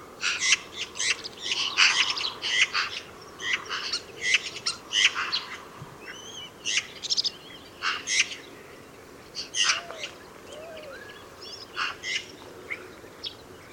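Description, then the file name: Eurasian magpie giving harsh, noisy chattering calls in irregular bursts, with a few short whistled, arched notes between them. "Pica pica"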